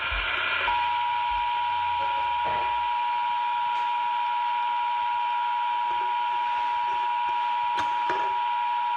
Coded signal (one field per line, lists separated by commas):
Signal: Emergency Alert System (SAME) tones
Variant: 853 and 960 Hz attention tone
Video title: EAS #66 National Periodic Test